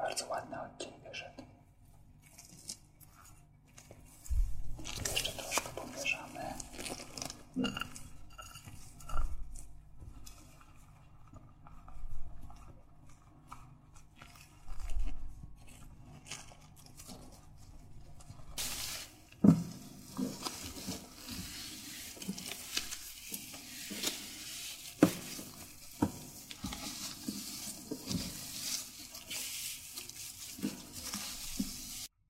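A visit to a star hairdresser: a quiet start with soft rustling gives way to bursts of hiss around 5 and 15 seconds. From about 19 seconds a steady bright hiss runs to the end, dotted with frequent sharp clicks and snips and faint voices.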